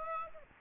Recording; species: mosquito wingbeat signal from an infrared sensor; Aedes aegypti